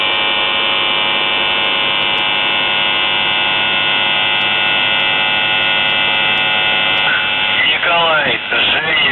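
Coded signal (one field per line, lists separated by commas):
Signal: numbers station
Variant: UVB-76 (The Buzzer)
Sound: a steady harsh buzz, then a short burst of voice at the end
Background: radio static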